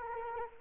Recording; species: mosquito wingbeat signal from an infrared sensor; Anopheles arabiensis